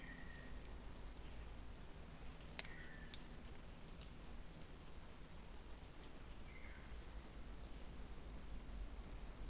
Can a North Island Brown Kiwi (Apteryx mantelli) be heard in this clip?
no